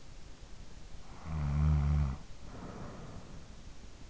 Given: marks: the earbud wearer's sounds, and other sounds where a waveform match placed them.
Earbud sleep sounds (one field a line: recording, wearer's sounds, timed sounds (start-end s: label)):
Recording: sounds in sleep by an in-ear microphone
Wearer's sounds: snoring breath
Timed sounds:
0.66-3.55 s: snoring breath